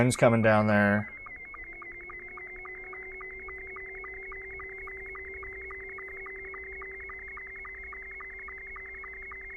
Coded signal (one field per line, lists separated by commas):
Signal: SSTV (slow-scan television)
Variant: Scottie 2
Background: speech